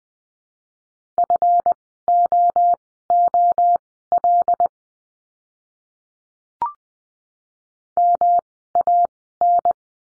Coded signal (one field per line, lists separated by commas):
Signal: Morse code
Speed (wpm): 20 wpm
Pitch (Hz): 700 Hz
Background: none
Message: FOOL MAN